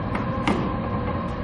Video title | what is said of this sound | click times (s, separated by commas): etrailer - A Closer Look at the Curt Roof Basket on a 2018 Subaru Forester | cargo basket make sure it snaps into place in between the two cross rails | 0.5 s